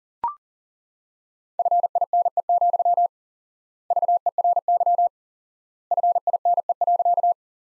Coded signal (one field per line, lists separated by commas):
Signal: Morse code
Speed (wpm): 40 wpm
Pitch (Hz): 700 Hz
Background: none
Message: FINE, VERY FINE.